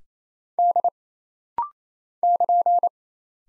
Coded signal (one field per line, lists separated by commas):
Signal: Morse code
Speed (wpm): 27 wpm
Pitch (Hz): 700 Hz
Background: none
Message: D <KN>